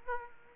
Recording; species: mosquito wingbeat signal from an infrared sensor; Aedes aegypti